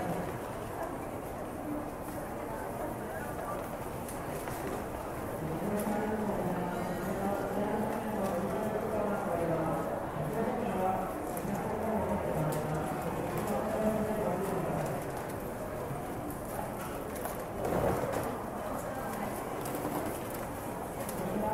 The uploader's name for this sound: TOKYO TRAIN STATION IN JAPAN AMBIENCE